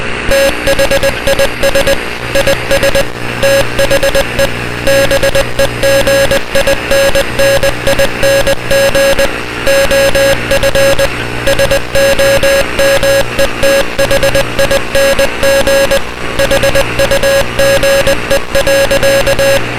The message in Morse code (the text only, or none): THIS IS THE BEGINNING OF SOMETHING HUGE.